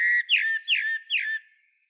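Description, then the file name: Common blackbird whistling a steady held note, followed by three quick downward-slurred whistles. "Turdus merula"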